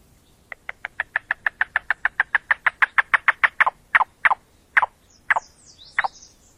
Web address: Yellow Billed Cuckoo YBCUVocalizations YBCU Survey Playback